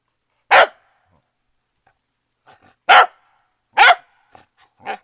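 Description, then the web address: Dog barking: three loud, sharp barks at uneven intervals, with a few softer short yaps. "takarabako sound no 5 dog"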